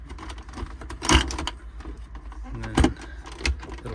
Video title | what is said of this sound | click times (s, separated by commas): Here’s how you convert your panther from a column shift to a floor shifter! | just snap right in there all right there we go | 1.1 s, 3.5 s